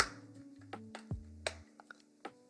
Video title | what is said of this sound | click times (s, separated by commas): Crave Cases for the Pixel 8 series! | snaps right in can't let y'all see that password you know | 1.5 s